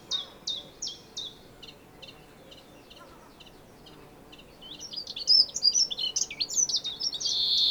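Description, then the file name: European greenfinch calls: a few spaced high chirps at first, then a burst of dense, rapid twittering toward the end. "Chloris chloris"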